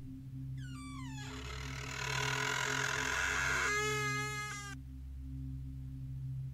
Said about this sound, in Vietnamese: Bỗng nhiên, giữa nửa đêm trời đất tăm tối, ngôi nhà nhỏ đã hoàn toàn bị nhốt chừng bởi màn đêm xung quanh, không hề có một chút ánh sáng nào. Thế nhưng lại vang lên tiếng kẽo kẹt cửa.